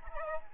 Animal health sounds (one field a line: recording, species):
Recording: mosquito wingbeat signal from an infrared sensor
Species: Aedes albopictus